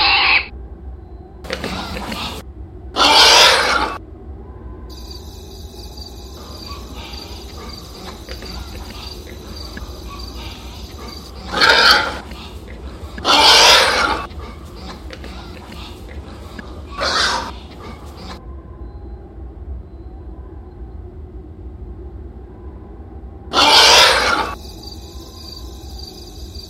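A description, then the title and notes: A hog lets out short, harsh grunts and raspy squeals in scattered bursts, several close together near the start, then more spaced out around the middle and once more near the end. Between calls, a steady low rumble and faint hum fill the background. Pig\\hog sound effects. Hog Sfx.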